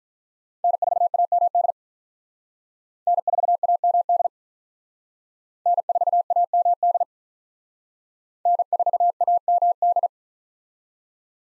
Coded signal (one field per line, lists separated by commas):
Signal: Morse code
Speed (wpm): 45 wpm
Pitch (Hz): 700 Hz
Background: none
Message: N4AMD N4AMD N4AMD N4AMD